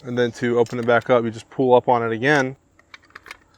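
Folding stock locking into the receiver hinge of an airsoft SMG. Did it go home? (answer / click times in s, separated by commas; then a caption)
yes / 3.2 s, 3.3 s. Someone talks while the folding stock of an AK Bizon 2 PP19 airsoft SMG is pulled up to unlock it from its side pin. After the talking stops, a quick series of sharp mechanical clicks follows as the stock swings open at its receiver hinge, locking into the extended position at 3.2 s and 3.3 s.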